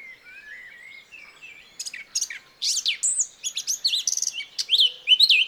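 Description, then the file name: Eurasian blackcap singing, with quiet, low warbled notes for the first second or so, then louder, sharper whistles and fast chattering phrases building toward the close. "Sylvia atricapilla"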